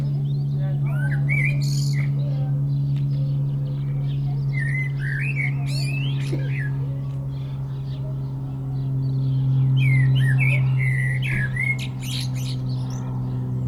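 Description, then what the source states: Common blackbird song, scattered fluty phrases above a loud low engine drone. Perched atop a tree singing in Châtillon village, Chindrieux, France; light aircraft passing; Zoom H4n Pro set vertically on the ground, preamp level 100.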